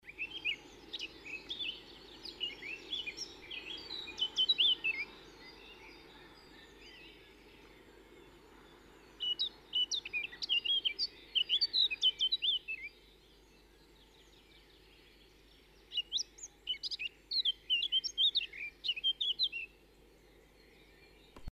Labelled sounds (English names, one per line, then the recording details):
Eurasian Blackcap song
Great Tit
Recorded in the wild
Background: Parus major
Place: Kaiserslautern, Rheinland-Pfalz, DE
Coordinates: 49.4284, 7.7788
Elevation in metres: 279
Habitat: garden
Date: 1976-05-08
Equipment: Nagra IV, Sennheiser MKH 405, Parabolreflektor
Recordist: Tretzel, Erwin
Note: Hinter Waldfriedhof, Kaiserslautern: Gesang